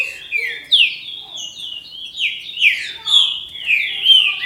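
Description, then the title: Green-winged saltator song: fast, flowing warble of sweet whistled slurs, rising and falling in an unbroken phrase. "Trinca Ferro"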